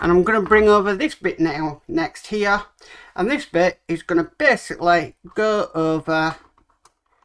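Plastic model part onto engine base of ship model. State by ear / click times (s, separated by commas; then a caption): not seated / none. A plastic engine-base part of a model ship kit is handled and brought over to go on top of another part while someone talks. A few faint, brief taps are heard near the end, but the part has not yet been pressed home and nothing has clicked or seated yet.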